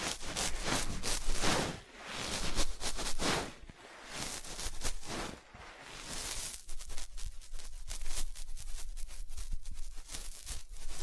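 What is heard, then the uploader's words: Dry scratching and tracing strokes come in quick bursts, swelling and fading through the first six seconds, then turning into rapid, sharp tapping clicks. ASMR Simple But Effective Tapping, Scratching, Tracing and Panning (No Talking).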